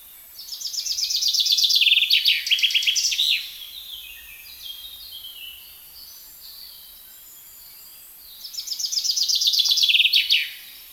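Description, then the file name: Common chaffinch song: two bright, fast trilled phrases that run downward and end in a short flourish, separated by a long pause with soft chirps between. "Fringilla coelebs"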